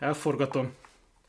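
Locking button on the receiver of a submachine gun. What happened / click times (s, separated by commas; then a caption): Metal latch handled, no seating click yet / none. Someone talks while lifting the metal locking button on the receiver of a WW2 German army MP40 "Schmeisser" 9mm submachine gun and rotating it during reassembly after a field strip. The speech fades into quiet handling with a brief faint sound near 1.3 s. Nothing has seated or clicked yet.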